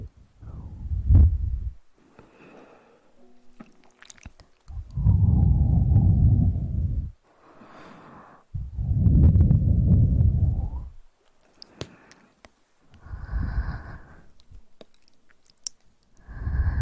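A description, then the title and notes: Eating heard at the ear: heavy muffled low crunching bursts around 5–7 and 8.5–11 seconds, with softer chewing clicks and squelches between. Relaxing Ear Eating.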